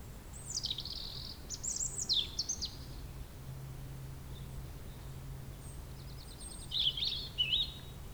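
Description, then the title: European robin song: two bursts of high, thin warbled phrases with descending trills and sweeps, separated by a quiet gap, over a low steady hum. Sung at sunset on the shore of Lac du Bourget near Brison-Saint-Innocent, France, with the nearby road closed to traffic and calm restored. "28 Chem. de la Chapelle, Brison-Saint-Innocent, France - rouge-gorge."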